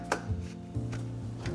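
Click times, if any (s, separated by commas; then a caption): 0.1 s. Spare metal grinder burrs are stacked in their plastic storage holder with a foam separator between them, and the top piece is pressed on. It locks into place with a sharp click at 0.1 s, followed by a few softer knocks and a fainter tap near 1.5 s. The spare burr set is seated in its holder.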